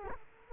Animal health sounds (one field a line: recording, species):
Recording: mosquito wingbeat signal from an infrared sensor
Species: Culex quinquefasciatus